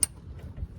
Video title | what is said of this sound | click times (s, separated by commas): WALBRO 470 FUEL PUMP INSTALL (FBODY HEADS/CAM pt.3) | snap into place like that. | 0.0 s